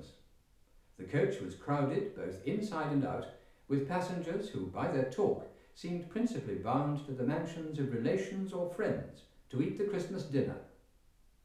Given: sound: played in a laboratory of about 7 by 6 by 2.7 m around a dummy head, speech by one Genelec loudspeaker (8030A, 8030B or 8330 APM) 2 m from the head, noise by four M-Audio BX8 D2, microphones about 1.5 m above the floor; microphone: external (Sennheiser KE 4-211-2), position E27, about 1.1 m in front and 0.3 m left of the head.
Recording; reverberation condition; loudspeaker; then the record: male speech in English; medium; 90 degrees to the right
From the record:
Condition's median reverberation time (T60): about 510 ms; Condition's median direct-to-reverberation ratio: about -0.5 dB